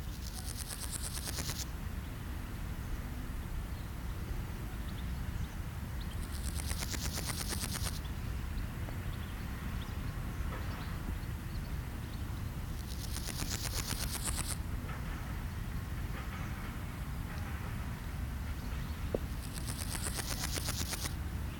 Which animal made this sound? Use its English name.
Meadow Grasshopper